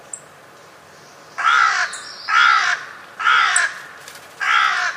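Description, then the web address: Bird calling with four harsh, drawn-out caws spaced about a second apart, with faint high chirps from other birds in between. "cianscape. Deverinetal 2025. Bird Only"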